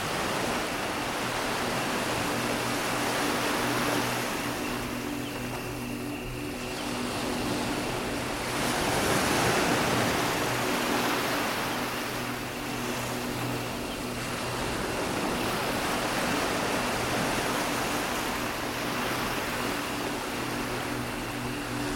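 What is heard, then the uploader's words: Ocean waves wash in nearby as a steady rushing surge, swelling louder around nine seconds and again near thirteen. Beneath the surf, a constant low drone and a thin, unbroken high chirring from distant frogs and insects hold level throughout. Relax on a tropical beach at sunset. Ocean waves crash gently nearby, and a soothing chorus of frogs and insects call out in the distance.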